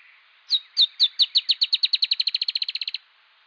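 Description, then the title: Dusky-tailed antbird song opening with a few spaced high notes that speed up into a dense trill, the whole song lasting about two and a half seconds. "LuckyPassaro Completos2Sama. Dusky-tailed Antbird (Drymophila malura)"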